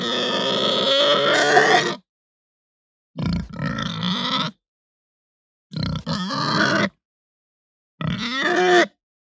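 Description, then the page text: Hampshire pig making four drawn-out grunting squeals separated by silent gaps. Pig grunting, squealing and begging. "Hampshire Pig Grunt Squeal Begging. Quick Sounds"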